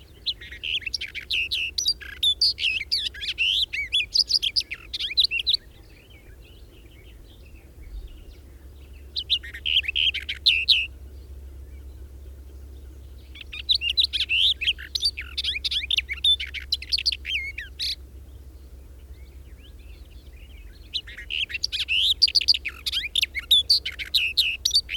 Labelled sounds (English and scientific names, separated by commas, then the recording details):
Barred Warbler (Sylvia nisoria) song
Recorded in the wild
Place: Wostevitz, Insel Rügen, Mecklenburg-Vorpommern, DE
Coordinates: 54.498, 13.567
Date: 1971-05-30
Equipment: Nagra III BH, Sennheiser MD 21, parabola
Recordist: Schubert, Michael